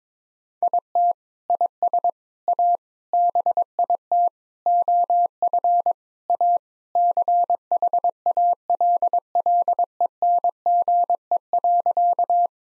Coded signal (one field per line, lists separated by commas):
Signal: Morse code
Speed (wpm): 22 wpm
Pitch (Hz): 700 Hz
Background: none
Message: IT IS A BIT OF A CHALLENGE.